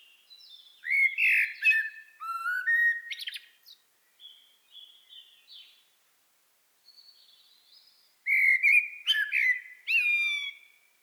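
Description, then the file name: Common blackbird singing: a varied warbled phrase of fluty notes and high scratchy twitters, a quieter pause, then another loud fluted phrase with sliding whistles. "Turdus merula"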